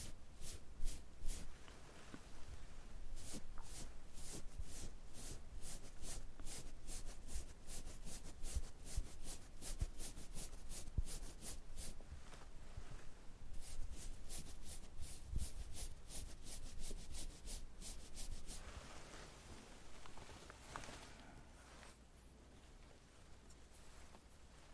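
Makeup being done, with tweezers and small tools making quick, bright clicks and scraping strokes in a steady, busy rhythm over a low rumbling bed. The sharp taps come in dense bursts until about eighteen seconds, then give way to softer rubbing that fades quieter.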